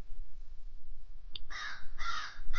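A crow caws three times in quick succession, each call harsh and raspy, with the last one cut short. No voices, only a faint low hum beneath the calls.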